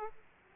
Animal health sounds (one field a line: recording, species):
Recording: mosquito wingbeat signal from an infrared sensor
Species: Aedes aegypti